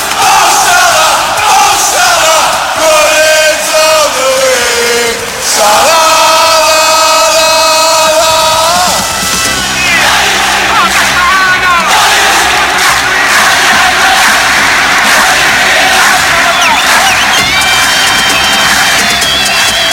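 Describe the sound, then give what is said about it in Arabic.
A huge stadium crowd roars and chants together, loud and sustained, with rising and falling collective shouts and sung chant lines over a constant dense wall of cheering, as Mohamed Salah leaves the pitch during a match. “دي اللحظة اللي خرج فيها محمد صلاح، نشوف الجماهير عملت ايه.”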